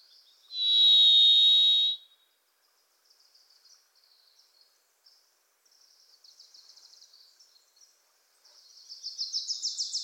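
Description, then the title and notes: Varied Thrush giving one loud, sustained buzzy whistle, followed by softer chips from another bird that build into a rapid chatter at the end. Pacific Northwest forest; the thrush came close to the recorder; unmastered recording; its song likened to "Listen. Listen. Listen."; a Wilson's Warbler singing alongside. "The Varied Thrush, Ixoreus naevius, is a wisp in the forests of the Pacific Northwest."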